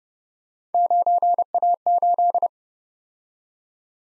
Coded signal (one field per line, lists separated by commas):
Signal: Morse code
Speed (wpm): 31 wpm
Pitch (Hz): 700 Hz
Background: none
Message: 9A8